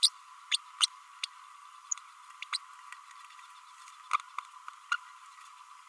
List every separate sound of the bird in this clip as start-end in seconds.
0.02-0.09, 0.51-0.57, 0.80-0.86, 1.91-1.94, 2.52-2.57, 4.91-4.96